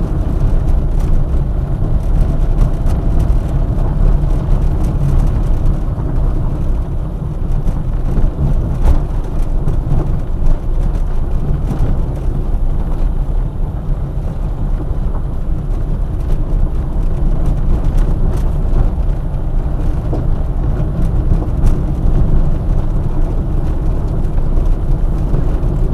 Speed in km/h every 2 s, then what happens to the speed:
27, 28, 24, 19, 18, 15, 22, 21, 21, 24, 27, 22, 24.
3-9 slows to 15. 9-19 speeds up to 27. 19-26 steady at about 24.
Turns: 4-10.